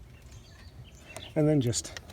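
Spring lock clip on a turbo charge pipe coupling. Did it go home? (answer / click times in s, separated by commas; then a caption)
no / none. A spring lock clip on a turbo charge pipe coupling of a VW, with the charge pipe already in place, is handled before being snapped shut. Faint outdoor background noise with light bird chirps and a brief sharp tick near 1.2 s is heard while someone talks. Nothing has seated or clicked yet.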